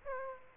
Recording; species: mosquito wingbeat signal from an infrared sensor; Aedes aegypti